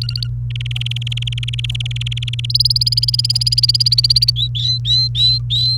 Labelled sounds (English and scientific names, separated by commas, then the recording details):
Domestic Canary (Serinus canaria) song
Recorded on 28 April 2018 at 11:17
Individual llb3